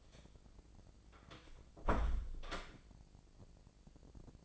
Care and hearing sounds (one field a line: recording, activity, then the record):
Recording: daily activity, microphone in the room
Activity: close door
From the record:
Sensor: 5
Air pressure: 1012.4 hPa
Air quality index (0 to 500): 159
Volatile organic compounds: 2 ppm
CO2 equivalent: 1082 ppm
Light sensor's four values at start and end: 212/516/216/237 and 209/508/212/233